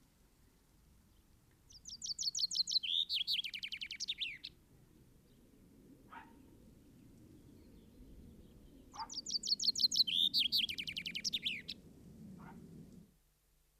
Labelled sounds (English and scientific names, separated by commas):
Common Chaffinch (Fringilla coelebs) song